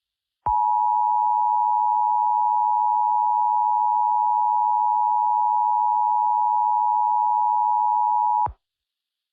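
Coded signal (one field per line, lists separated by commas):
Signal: Emergency Alert System (SAME) tones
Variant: 853 and 960 Hz attention tone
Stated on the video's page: Fictional EAS scenario with valid, loud tones, made for entertainment.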